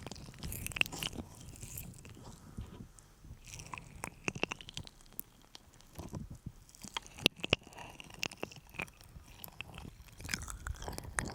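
Sticky ear massage sounds: wet clicks, crackles and smacking pops arrive in uneven bursts over a soft low rumble.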